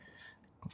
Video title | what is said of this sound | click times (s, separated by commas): Lexland 4th Gen Tacoma RGB Interior Lights! | So there you go, it pops | 0.6 s